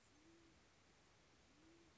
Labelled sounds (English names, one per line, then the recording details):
Band-tailed Pigeon
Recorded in Sonoma County, California